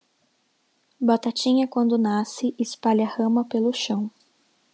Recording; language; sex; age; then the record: short text; Brazilian Portuguese; female; 20 to 29 years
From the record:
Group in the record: control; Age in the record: 23 years